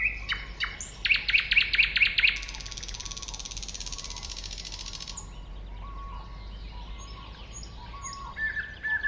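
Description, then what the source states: Thrush nightingale song opening with a few sharp notes and a fast series of loud clicks, then a long buzzy rattle and quieter whistles. Recorded at a woodland edge next to a lake, 2001.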